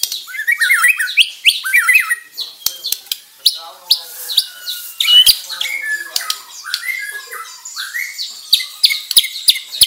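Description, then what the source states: White-rumped shama pours out a varied song of quick whistles and chattering trills, punctuated by crisp clicking ticks throughout. Murai batu of the Bordan variety.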